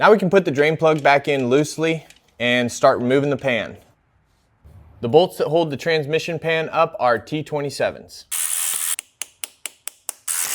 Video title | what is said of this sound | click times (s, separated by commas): Fixing BMW’s Biggest Lie Before I Give This Car Away! | No, stripped out. My socket started to twist. | none